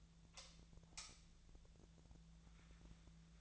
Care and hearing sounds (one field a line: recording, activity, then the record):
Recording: daily activity, microphone in the room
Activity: light on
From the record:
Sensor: 3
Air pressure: 1009.7 hPa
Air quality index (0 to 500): 190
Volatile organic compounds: 15 ppm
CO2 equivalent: 2478 ppm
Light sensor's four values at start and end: 39/97/42/45 and 46/120/51/52